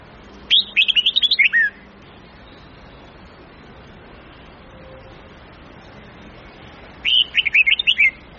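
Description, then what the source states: Red-whiskered bulbul song: two rapid strings of sharp, lilting notes separated by a long pause, against faint steady background noise. Huế-type bulbul; long-phrase song with 9 to 12 notes, changing its phrasing continuously.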